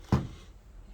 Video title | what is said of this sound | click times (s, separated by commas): Garmin Dezl 700 vs Rand Mcnally Overdryve Pro 7 | It clicks here. | 0.1 s